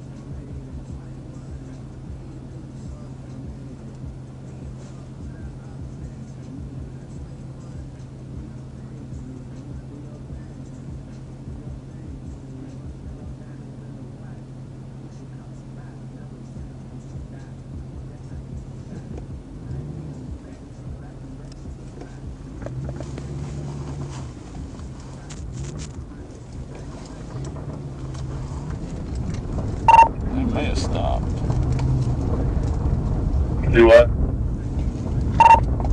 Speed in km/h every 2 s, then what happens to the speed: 0, 0, 0, 0, 0, 0, 0, 0, 0, 0, 0, 0, 0, 0, 16, 23, 26, 31.
0-26 standing. 26-36 pulls away to 31.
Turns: none.